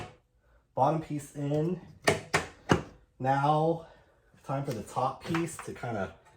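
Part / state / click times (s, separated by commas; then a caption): top piece of the housing into a desktop computer case / not seated / none. Someone talks while fitting the top piece of a purple anodized metal Mac Pro desktop computer housing into the case, after the bottom piece is already in, and prepares to flex it outward. Short sharp handling taps come at about 2.1, 2.4 and 2.7 seconds between the speech. The top piece has not seated or clicked into place yet.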